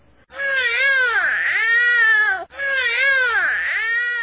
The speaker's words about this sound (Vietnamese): Thình lình, nghe trong phòng có tiếng rặn, một hơi rất dài, Như Thạch càng thêm bối rối, nên nín hơi, lắng tai nghe. Rặn rồi thở hổn hển, thở rồi rặn nữa, rồi nghe tiếng con nít oe oe.